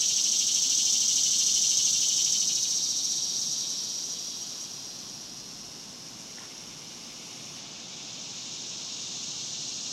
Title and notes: Ext, Daytime Cicadas, Cemetery, Summer by Bandeto